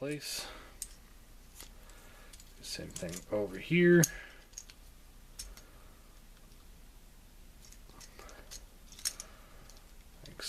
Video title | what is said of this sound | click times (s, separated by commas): Transformers review Generations Nemesis Prime | fold the arms back and then these will just kind of rotate in just kind of lock into place | 0.8 s